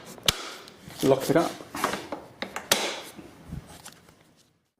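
The plastic lid latch on a RIDGID 14 Gallon NXT Wet/Dry Vac (HD1400) is closed to lock the powerhead onto the drum, giving a sharp snap at 0.3 s while someone talks. A few more short knocks follow, with another loud one near 2.7 s. The latch locks and the powerhead is seated.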